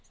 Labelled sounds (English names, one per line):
Lucy's Warbler flight call